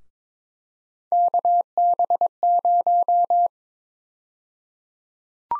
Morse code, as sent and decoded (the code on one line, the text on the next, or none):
-.- -... -----
KB0